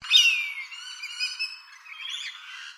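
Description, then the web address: Bird giving a harsh, squawking call that starts with a sharp falling note and trails into a raspy, buzzing drawl. Australia. "Sound Effects-Foundation 1 BIRD AUS BIRD 04 CALL 02"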